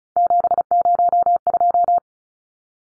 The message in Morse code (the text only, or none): 702